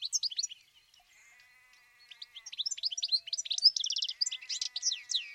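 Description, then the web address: Bird song of quick high chirps and buzzy notes, with a steady thin whistled tone running beneath, then a dense burst of rapid trills near the end. "Bird Only"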